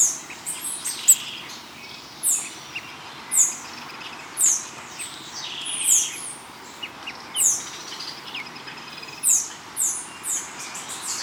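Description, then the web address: Bird calls: very high, sharp downward-swept chirps repeated at intervals over a low, constant hiss. "BIRD 2015 SABIOD"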